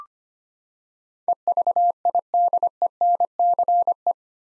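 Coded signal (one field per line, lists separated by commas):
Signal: Morse code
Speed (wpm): 25 wpm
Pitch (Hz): 700 Hz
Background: none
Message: EVIDENCE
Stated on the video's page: Eight-letter words sent in Morse at 25 wpm for head-copy practice, each word sent, then spoken, then sent again.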